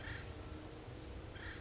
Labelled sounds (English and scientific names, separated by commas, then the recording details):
Acorn Woodpecker (Melanerpes formicivorus)
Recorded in Sonoma County, California